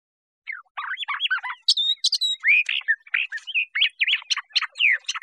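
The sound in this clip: Curve-billed thrasher singing, a lively sequence of rising and falling whistled phrases mixed with buzzy, scratchy notes, each phrase quickly following the last.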